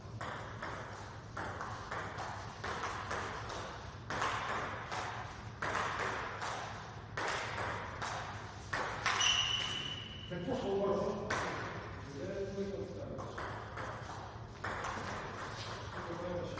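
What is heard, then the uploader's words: A friendly table tennis match in a hall: crisp ball taps in a steady rally rhythm, with voices and brief squeaky tones midway. Friendly table tennis match. Often in the table tennis hall, I like to make recordings during training. We have a friendly match in the hall.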